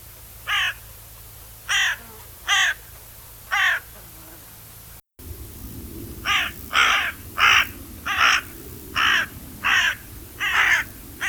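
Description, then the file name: Carrion crow cawing repeatedly, short raspy caws in loose series, four early then a faster run of several, with low rumbling background noise. "Corvus corone"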